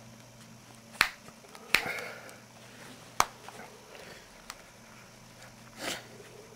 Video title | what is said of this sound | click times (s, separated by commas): Nokia 7373 LCD Screen Replacement | you can see generally it just snaps back into place | 1.0 s, 1.8 s, 3.2 s